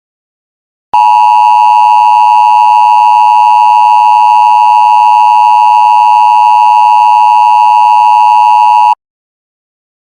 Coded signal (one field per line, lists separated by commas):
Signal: Emergency Alert System (SAME) tones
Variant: 853 and 960 Hz attention tone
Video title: EAS TORNADO WARNING EL RENO 5/31/2013 REMAKE!!!!!!!!!!